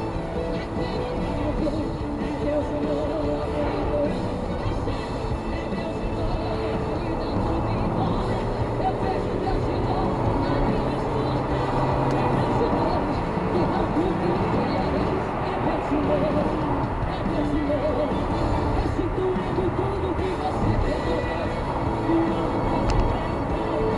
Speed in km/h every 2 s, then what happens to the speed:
77, 78, 81, 89, 100, 105, 103, 101, 103, 104, 103, 104.
0-9 speeds up to 105. 9-24 steady at about 103.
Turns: none.